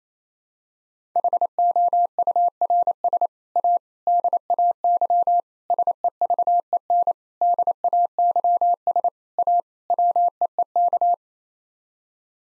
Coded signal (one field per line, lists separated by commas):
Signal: Morse code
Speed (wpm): 28 wpm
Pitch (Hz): 700 Hz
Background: none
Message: HOURS A DAY SEVEN DAYS A WEEK